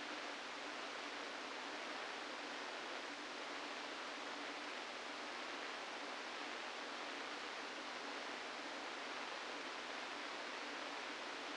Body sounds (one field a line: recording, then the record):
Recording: brain microelectrode recording played as sound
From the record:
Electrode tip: inside the subthalamic nucleus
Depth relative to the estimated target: 1 mm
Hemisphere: left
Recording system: NeuroSet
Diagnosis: Parkinson's disease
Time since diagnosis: 17 years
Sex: male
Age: 64 years